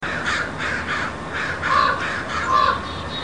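Raven calls, several harsh, hoarse caws in quick succession over a steady rushing background noise.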